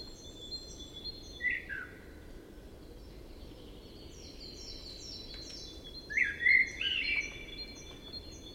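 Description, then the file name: Common blackbird singing two phrases, each a low fluted warble trailing into squeaky high twitters, separated by several seconds, over a steady rushing background hiss. "Turdus merula"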